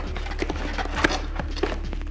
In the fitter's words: it'll pop right into place